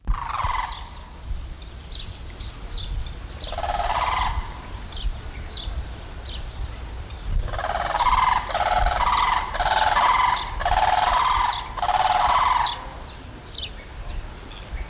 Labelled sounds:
Blue Crane
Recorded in captivity
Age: adult
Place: Zoo Berlin, Berlin, DE
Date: 1994-06-11 12:50
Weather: heiter, 12-16°C
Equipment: Marantz CP 430, Sennheiser ME 80, Kopie Uher Variocord 263
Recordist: Tembrock, Günter

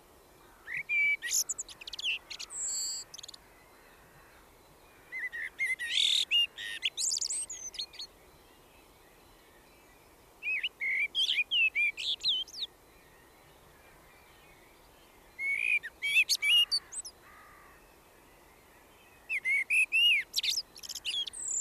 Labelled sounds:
Common Blackbird song
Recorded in the wild
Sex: male
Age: adult
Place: Garmisch-Partenkirchen, Bayern, DE
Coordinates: 47.4928, 11.0769
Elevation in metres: 706
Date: 1968-04-21
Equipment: Nagra
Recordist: Tretzel, Erwin

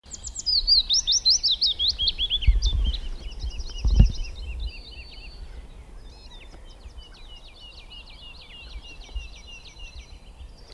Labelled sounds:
Willow Warbler song
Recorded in the wild
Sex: male
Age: adult
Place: Schönow, Naturpark Barnim, Brandenburg, DE
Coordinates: 52.69, 13.5125
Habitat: heath
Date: 2005-04-10
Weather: cloudy, 0°C, no wind
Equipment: Tascam DA-P1, Sennheiser MKH 70, Windschutz
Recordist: Frommolt, Karl-Heinz

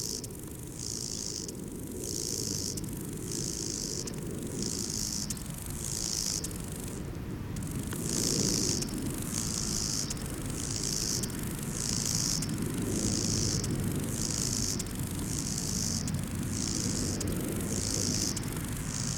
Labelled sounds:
Lesser Marsh Grasshopper stridulation
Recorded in the wild
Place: Eutin, Holsteinische Schweiz, Schleswig-Holstein, DE
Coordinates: 54.132, 10.614
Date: 1992-09-10 12:12
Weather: wolkig-heiter, 17°C
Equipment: Marantz CP 430, Sennheiser ME 80, Kopie Tesla B 116
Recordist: Tembrock, Günter

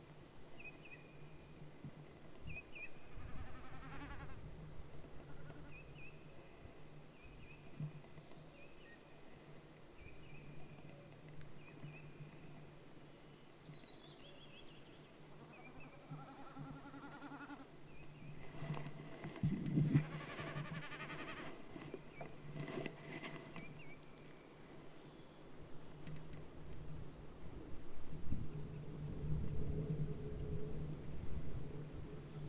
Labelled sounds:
Common Snipe
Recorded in the wild
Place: Halbinsel Kindo, Karelien, RU
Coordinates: 66.55, 33.1
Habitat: moor
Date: 1998-06-21 22:50
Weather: clear, 12°C, weak easterly winds
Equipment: Aiwa HD-S1, Telinga Pro 5
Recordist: Frommolt, Karl-Heinz

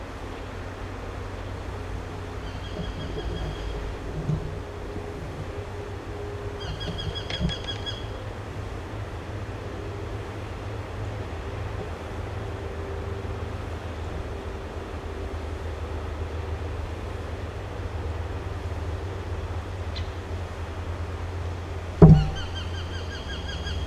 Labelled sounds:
Eurasian Hobby call
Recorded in the wild
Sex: male
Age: adult
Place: Bielefeld-Stieghorst, Nordrhein-Westfalen, DE
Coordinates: 51.9833, 8.63333
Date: 1971-07-01
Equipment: Uher 4000 Report-S, Bändchenmikro Beyer M 260, Parabolspiegel Polyester (470 mm)
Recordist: Conrads, Klaus

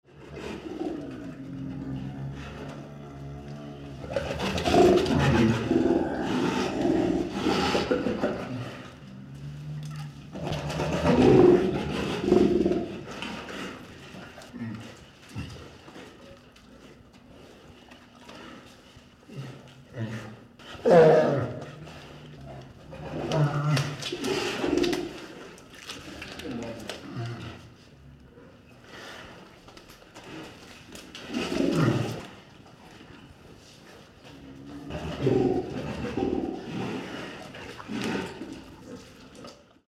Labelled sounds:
Brown Bear
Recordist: Tembrock, Günter
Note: 3 Tiere: Lautfolgen und Brummen

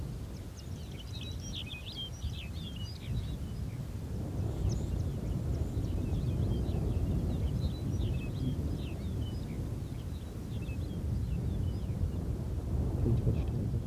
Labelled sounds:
Arctic Fox
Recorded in the wild
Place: Insel Mednyi, Kommandeur-Inseln, RU
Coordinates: 54.5167, 168.083
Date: 1999-07-08
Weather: klare Sicht, 5°C, fast windstill im Tal
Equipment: Sony WM-D6C, Sennheiser MKH 70, Windkorb, Kopie Tascam DA 30
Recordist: Frommolt, Karl-Heinz

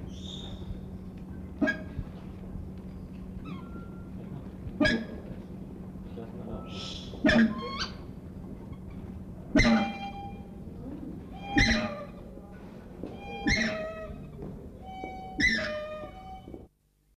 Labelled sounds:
Western Swamphen call
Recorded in captivity
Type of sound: call
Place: Wilhelma Stuttgart, Baden-Württemberg, DE
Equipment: Halbspur, 9,5 cm/s
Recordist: Lütgens, Hans
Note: Rufe

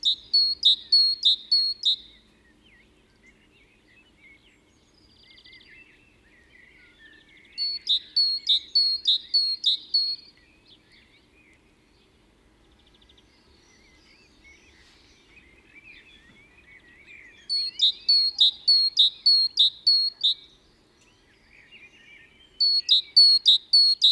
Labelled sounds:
Great Tit song
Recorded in the wild
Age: adult
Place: Kaiserslautern, Rheinland-Pfalz, DE
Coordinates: 49.4372, 7.80972
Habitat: garden
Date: 1975-05-03 15:30
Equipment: Nagra IV, Sennheiser MKH 405, Parabolreflektor
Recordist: Tretzel, Erwin

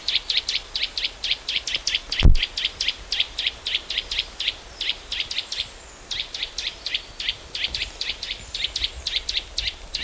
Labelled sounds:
Eurasian Nuthatch call
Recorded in the wild
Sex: male
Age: adult
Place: Großer Klobichsee, Märkische Schweiz, Brandenburg, DE
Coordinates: 52.55, 14.1167
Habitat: forest, marshland
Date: 1999-09-23 15:19
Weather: overcast, 19°C
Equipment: Sony WM-D6C, Sennheiser ME 80, Kopie Uher 4000 Report Monitor
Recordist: Tembrock, Günter
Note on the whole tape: Komplette Rufreihe (abklingend), am Großen Klobichsee

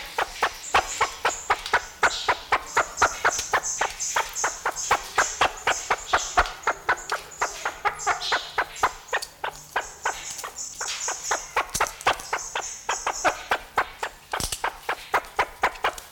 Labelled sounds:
Great Argus call
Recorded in captivity
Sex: male
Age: adult
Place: Zoo Berlin, Berlin, DE
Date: 1994-01-08 11:25
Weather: wolkig bis sonnig, 6°C
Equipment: Marantz CP 430, Sennheiser MKH 416 T, Kopie Uher Variocord 263
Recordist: Tembrock, Günter

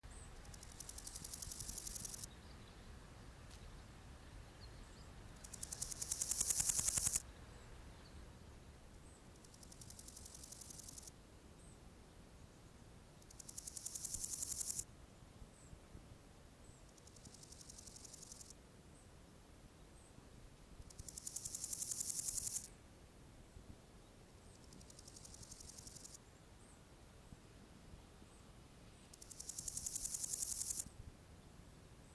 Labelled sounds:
Water-meadow Grasshopper stridulation
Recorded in the wild
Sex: male
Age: imago
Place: Summt, Grundstück, Brandenburg, DE
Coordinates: 52.6931, 13.3619
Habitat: Garten, Wiese
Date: 1971-07-25 15:55
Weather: bedeckt, etwas gewittrig, ca. 27°C
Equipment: Uher 4000 Report-Monitor, Sennheiser MD 421
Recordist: Tembrock, Günter

